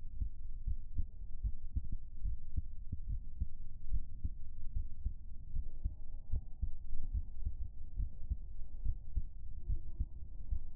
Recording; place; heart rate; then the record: heart sounds by stethoscope; pulmonary valve (PV); 80 bpm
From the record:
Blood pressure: 132/78 mmHg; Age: 33 years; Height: 158 cm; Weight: 55 kg